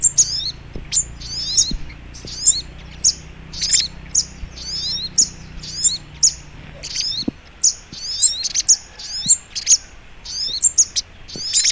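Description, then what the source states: Little Spiderhunter singing steady runs of shrill, rapid notes, each short phrase bouncing down in pitch, with low background hum. Training recording (masteran).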